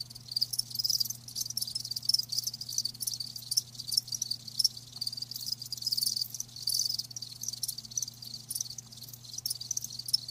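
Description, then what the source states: Cricket chirping in thin high-pitched trills with brief breaks, faint hum below. Live crickets chirping, a lulling song.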